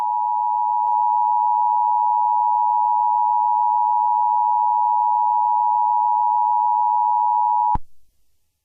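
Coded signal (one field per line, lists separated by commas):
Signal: Emergency Alert System (SAME) tones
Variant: 853 and 960 Hz attention tone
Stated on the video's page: Fictional EAS scenario, not a real alert.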